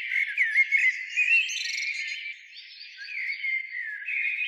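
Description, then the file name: Common blackbird song, a run of looping fluty whistles with thin, high chirps layered above. "Turdus merula"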